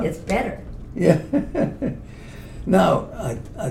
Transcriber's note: laughs